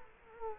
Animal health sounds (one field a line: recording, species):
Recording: mosquito wingbeat signal from an infrared sensor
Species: Culex quinquefasciatus